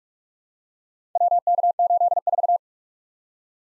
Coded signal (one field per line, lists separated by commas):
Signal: Morse code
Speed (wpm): 46 wpm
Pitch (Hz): 700 Hz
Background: none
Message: WK84